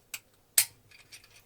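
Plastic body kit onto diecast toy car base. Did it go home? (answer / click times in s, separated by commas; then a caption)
yes / 0.6 s. A plastic body kit shell is pressed onto the base of a Majorette Japanese Series Tune-Ups diecast toy car. A faint tick at 0.1 s comes before a sharp, bright click at 0.6 s as the kit seats onto the base, followed by soft rustling and another light tick near 1.5 s.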